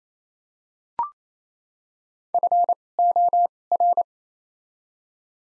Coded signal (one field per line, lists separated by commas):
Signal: Morse code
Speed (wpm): 28 wpm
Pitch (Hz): 700 Hz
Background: none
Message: F O R